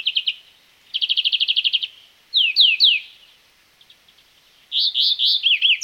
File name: Chloris chloris